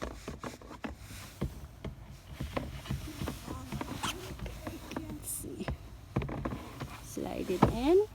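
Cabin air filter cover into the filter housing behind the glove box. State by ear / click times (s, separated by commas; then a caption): not seated / none. A CRV cabin air filter is slid back into its housing behind the glove box while someone talks, with scattered sharp plastic taps and rubbing as the plastic cover is handled. The clip ends just before the cover goes home; nothing has seated or clicked yet.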